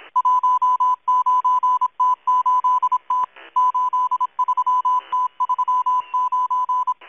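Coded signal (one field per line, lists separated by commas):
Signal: Morse code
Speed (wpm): 26 wpm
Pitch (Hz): 1000 Hz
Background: none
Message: 19T8T 83T39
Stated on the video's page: Russian Morse numbers station M12 on 11144 kHz using cut zero, received on an online WebSDR.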